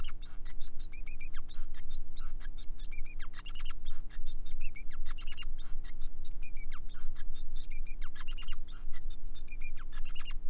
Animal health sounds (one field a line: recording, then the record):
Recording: song of a male Bengalese finch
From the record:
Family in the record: son of father 5